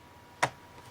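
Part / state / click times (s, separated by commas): metal tin lid catch on a coloured pencil tin / released / 0.4 s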